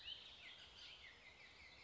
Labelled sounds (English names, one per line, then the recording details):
Bullock's Oriole
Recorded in Sonoma County, California